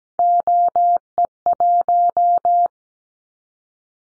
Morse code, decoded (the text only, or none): OE1